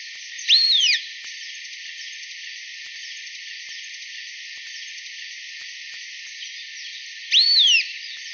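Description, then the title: Long-tailed Tyrant giving two short high whistled calls, each sweeping sharply up then sliding down, spaced about seven seconds apart over a steady hiss. "LuckyPassaro Completos2Sama. Long-tailed Tyrant (Colonia colonus)"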